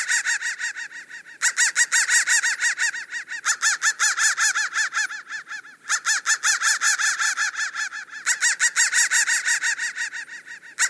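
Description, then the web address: Crow giving fast, harsh, rasping caws in long runs, with brief breaks between bursts and a fairly even rhythm throughout. "soundfactory crow 1"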